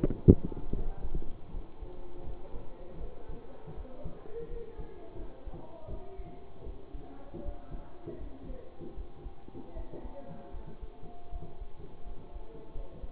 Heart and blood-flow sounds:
heart sounds by stethoscope; between the tricuspid and mitral areas; 80 bpm
0.72 s: heartbeat
1.49 s: heartbeat
2.23 s: heartbeat
2.96 s: heartbeat
3.73 s: heartbeat
4.46 s: heartbeat
5.14 s: heartbeat
5.86 s: heartbeat
6.62 s: heartbeat
7.41 s: heartbeat
8.16 s: heartbeat
8.93 s: heartbeat
9.72 s: heartbeat
10.49 s: heartbeat
11.28 s: heartbeat
12.02 s: heartbeat
12.70 s: heartbeat
From the record:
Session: bicycle stress test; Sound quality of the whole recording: good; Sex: male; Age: 24 years

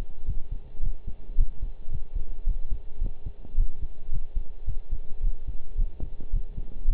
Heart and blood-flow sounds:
heart sounds by stethoscope; between the tricuspid and mitral areas; 109 bpm
0.28 s: heartbeat
0.82 s: heartbeat
1.38 s: heartbeat
1.92 s: heartbeat
2.46 s: heartbeat
3.01 s: heartbeat
3.57 s: heartbeat
4.12 s: heartbeat
4.67 s: heartbeat
5.23 s: heartbeat
5.78 s: heartbeat
6.33 s: heartbeat
6.87 s: heartbeat
From the record:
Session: pedaling a stationary bicycle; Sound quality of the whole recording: partially saturated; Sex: male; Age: 23 years

